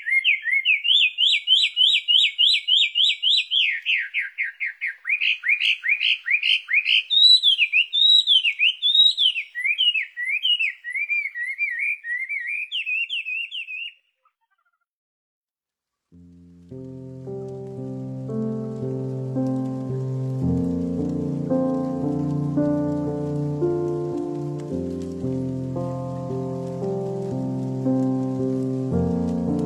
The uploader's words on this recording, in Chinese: 鸟鸣与音乐。鸟儿在雨中歌唱。画眉百转千回的天籁之音。